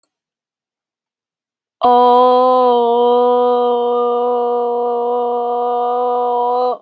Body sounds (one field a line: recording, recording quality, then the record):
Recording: sustained vowel as in boot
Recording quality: excellent, no background noise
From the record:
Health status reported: healthy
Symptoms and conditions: none ticked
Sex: female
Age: 36 years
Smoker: not ticked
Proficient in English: yes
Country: United States